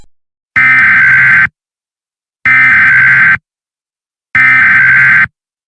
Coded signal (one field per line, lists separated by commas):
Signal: Emergency Alert System (SAME) tones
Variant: header bursts